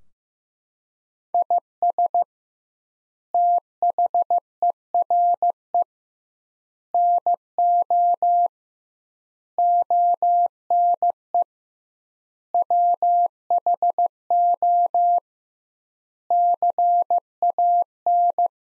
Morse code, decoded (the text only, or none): IS THERE NO ONE WHO CAN